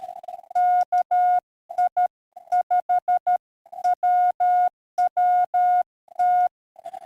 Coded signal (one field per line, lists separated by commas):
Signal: Morse code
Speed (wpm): 10 wpm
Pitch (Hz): 720 Hz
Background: none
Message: KI5WWT